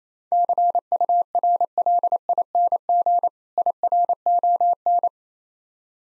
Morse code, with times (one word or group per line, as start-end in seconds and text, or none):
0.3-3.3 CURLING
3.6-5.1 IRON